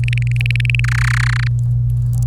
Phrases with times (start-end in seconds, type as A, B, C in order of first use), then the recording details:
0.04-0.80 A, 0.84-1.47 B. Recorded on 25 April 2018 at 16:32. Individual llb3